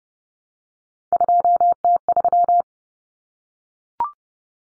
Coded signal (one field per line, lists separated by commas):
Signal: Morse code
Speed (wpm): 30 wpm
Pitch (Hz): 700 Hz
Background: none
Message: 2T3